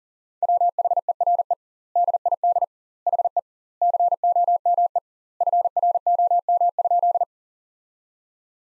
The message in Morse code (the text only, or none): WHERE DID HE COME FROM?